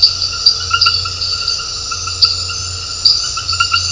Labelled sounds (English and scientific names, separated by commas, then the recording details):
none
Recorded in dense forest near Puerto Asís, Putumayo, Colombia, on 9 March 2025 at 20:00
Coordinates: 0.468, -76.322
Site GP01